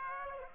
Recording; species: mosquito wingbeat signal from an infrared sensor; Aedes aegypti